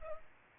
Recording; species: mosquito wingbeat signal from an infrared sensor; Culex pipiens